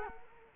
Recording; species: mosquito wingbeat signal from an infrared sensor; Culex quinquefasciatus